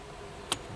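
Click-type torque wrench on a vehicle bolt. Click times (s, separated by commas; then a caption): 0.5 s. A 3/8" click-type torque wrench tightens a bolt on a car until it reaches its set torque. After a low steady background, one sharp, brief click sounds at 0.5 seconds, signaling the wrench has reached its setting.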